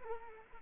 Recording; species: mosquito wingbeat signal from an infrared sensor; Culex pipiens